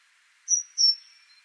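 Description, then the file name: Great tit call: one pair of high, thin notes, the second slightly longer and trailing off, over a faint steady hiss in the background. "Parus major"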